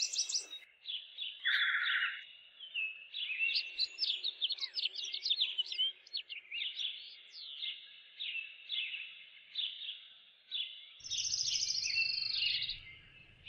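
Birdsong of fast repeated chirps and whistles, with buzzy bursts near the start and again toward the end, when a low hum sets in.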